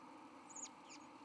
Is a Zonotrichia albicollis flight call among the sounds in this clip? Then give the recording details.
no. No flight call is heard. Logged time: 11:21 on 31 October 2014